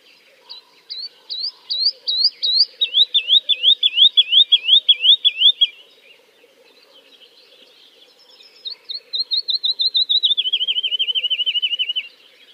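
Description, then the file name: Woodlark song: two runs of swooping, descending notes for about five seconds, a quiet gap, then another series that slides lower in pitch. "kicau master woodlark omkicau"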